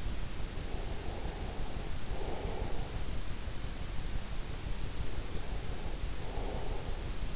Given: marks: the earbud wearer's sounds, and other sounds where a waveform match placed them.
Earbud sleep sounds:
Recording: sounds in sleep by an in-ear microphone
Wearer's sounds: breath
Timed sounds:
0.16-3.36 s: breath
3.99-7.36 s: breath

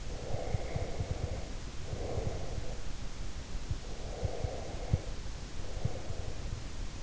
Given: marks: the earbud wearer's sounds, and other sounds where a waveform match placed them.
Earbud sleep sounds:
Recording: sounds in sleep by an in-ear microphone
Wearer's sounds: breath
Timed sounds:
0.00-2.85 s: breath
3.74-6.68 s: breath

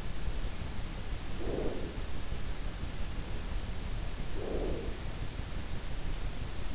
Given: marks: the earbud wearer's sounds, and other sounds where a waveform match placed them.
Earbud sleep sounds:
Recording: sounds in sleep by an in-ear microphone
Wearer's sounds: breath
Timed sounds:
1.09-2.32 s: breath
4.08-5.34 s: breath

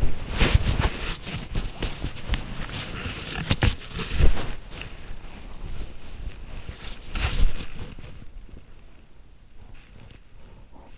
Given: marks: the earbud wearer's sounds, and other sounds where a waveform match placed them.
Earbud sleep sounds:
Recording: sounds in sleep by an in-ear microphone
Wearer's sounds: body movement, breath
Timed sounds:
0.00-8.25 s: body movement
9.54-10.98 s: breath

